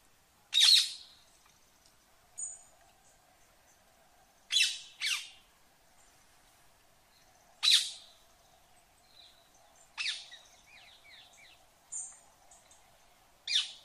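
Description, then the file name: Rose-ringed parakeet: parrot-like bird giving sharp, shrill screeches at irregular intervals, with softer chirps in between and a quiet background. "Canto do periquito indiano"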